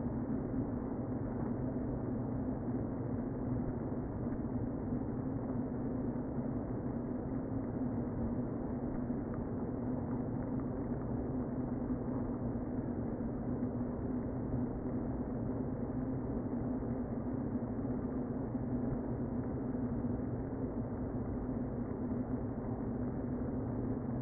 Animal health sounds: honeybee colony, microphone inside the hive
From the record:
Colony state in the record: queen present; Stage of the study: before two queens were removed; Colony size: about 60,000 bees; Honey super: yes

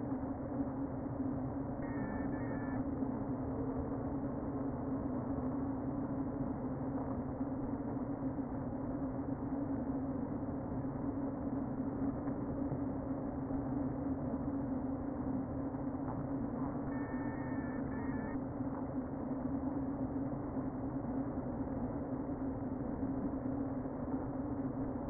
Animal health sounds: honeybee colony, microphone inside the hive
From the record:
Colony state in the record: queen present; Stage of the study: before two queens were removed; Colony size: about 60,000 bees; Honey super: yes

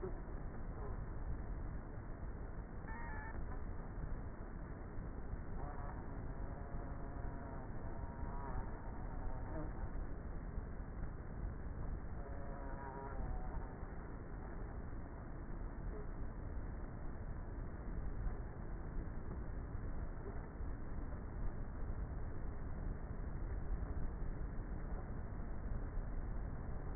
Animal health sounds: honeybee colony, microphone inside the hive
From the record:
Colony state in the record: queenless with a low population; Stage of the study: before two queens were removed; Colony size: about 30,000 bees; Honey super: no

